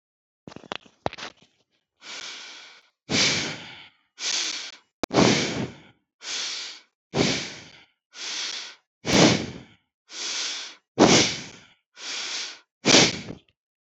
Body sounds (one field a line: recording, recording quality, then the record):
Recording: deep breathing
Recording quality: excellent, no background noise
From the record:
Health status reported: healthy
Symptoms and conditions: none ticked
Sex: male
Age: 38 years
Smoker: not ticked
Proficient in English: yes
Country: India